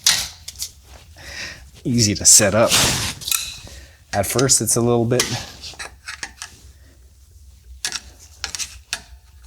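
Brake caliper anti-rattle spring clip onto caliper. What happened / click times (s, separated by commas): The metal spring clip snapped into place / 8.9 s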